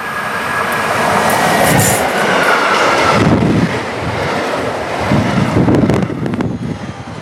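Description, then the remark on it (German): A train rolls past on the railway line running along the shore of Lake Constance, by a tent workshop site, with a loud, steady roar and low rumble, a faint rhythmic clatter of wheels and some wind-like hiss running through it, with no talking. “Und das muss man halt ab und zu in den Workshops eine kurze Pause machen, weil ein Zug vorbeifährt.”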